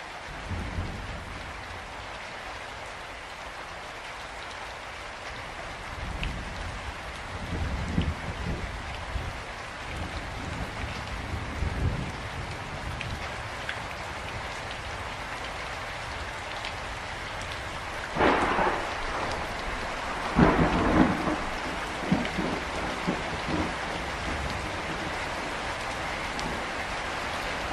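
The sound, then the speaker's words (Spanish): Steady rain hisses without a break while low thunder rumbles roll in and out, with a couple of louder cracks and booms toward the end. No voices. “Oh, lluvia, oh, generosa.”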